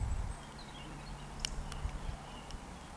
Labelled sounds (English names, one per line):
Eurasian Woodcock whistle